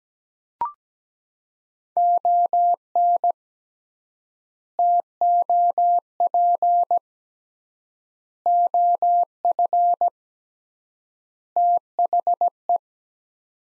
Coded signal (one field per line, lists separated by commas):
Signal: Morse code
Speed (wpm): 17 wpm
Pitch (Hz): 700 Hz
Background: none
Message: ON TOP OF THE